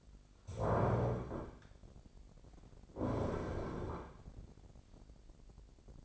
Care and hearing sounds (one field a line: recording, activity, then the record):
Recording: daily activity, microphone in the room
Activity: stand up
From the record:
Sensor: 5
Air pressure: 1009.4 hPa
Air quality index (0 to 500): 154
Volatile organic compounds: 2 ppm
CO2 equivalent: 1186 ppm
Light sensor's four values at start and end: 283/675/288/317 and 283/675/289/317